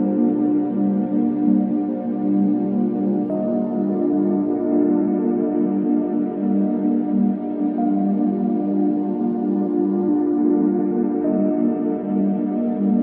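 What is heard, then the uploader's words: Binaural beats: a dense, steady drone of layered low and middle tones with a soft pulsing wobble, staying level throughout. Faint higher tones shimmer above, with small shifts in the upper layer around four and eleven seconds. Nothing else intrudes. Binaural Beats Meditation Sound Therapy.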